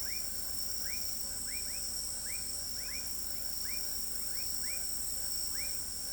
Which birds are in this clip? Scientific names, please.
none